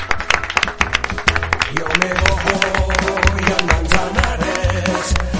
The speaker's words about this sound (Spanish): es con el himno del Atlético de Madrid y con un gran aplauso de estos alumnos que te despiden con mucho cariño, ¿eh?